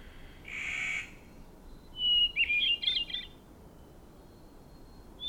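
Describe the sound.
Bird song: a buzzy harsh note followed by a thin whistle and a short burst of high warbled, chirping phrases, with a faint hiss in the background.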